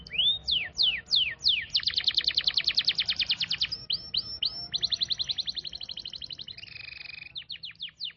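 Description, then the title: Canary song of sweeping whistles, long rapid rattling trills, short rolled phrases and a flat buzzy segment, ending with more quick downslurred notes. Canary song in the cengkok mewah song pattern. "Cengkok Kenari Mewah. Suara kenari cengkok mewah"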